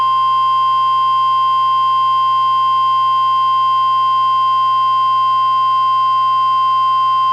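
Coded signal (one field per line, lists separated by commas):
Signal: Emergency Alert System (SAME) tones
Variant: 1050 Hz attention tone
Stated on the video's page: NOAA Weather Radio required weekly test relayed by KEC91 Astoria, received on a Reecom R-1630 weather radio.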